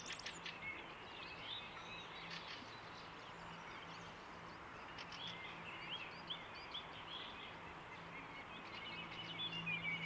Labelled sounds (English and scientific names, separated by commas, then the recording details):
Song Thrush (Turdus philomelos) song
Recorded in the wild
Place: Oberstdorf, Bayern, DE
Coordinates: 47.3797, 10.2944
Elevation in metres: 903
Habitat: mountains
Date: 1977-03-25
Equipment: Nagra IV, Sennheiser MKH 405, Parabolreflektor
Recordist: Tretzel, Erwin
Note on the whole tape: Auffahrt Dietersberg, nahe Golfplatz, Oberstdorf: Gesang